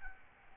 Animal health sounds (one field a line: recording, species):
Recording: mosquito wingbeat signal from an infrared sensor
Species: Aedes albopictus